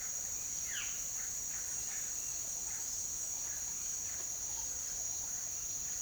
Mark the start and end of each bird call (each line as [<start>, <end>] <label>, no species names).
[0.00, 6.01] bird call